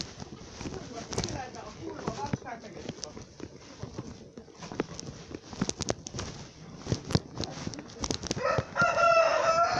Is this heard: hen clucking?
yes